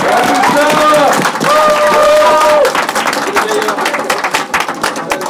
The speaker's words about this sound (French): applaudissons-le bien fort, c'est le premier, il démarre la soirée.